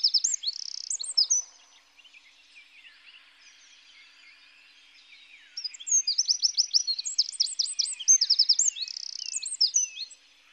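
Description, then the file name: Eurasian wren song: a shrill, fast warble, a quiet pause, then a second long outpouring of high, rapidly repeated trilling notes. "Troglodyte Mignon"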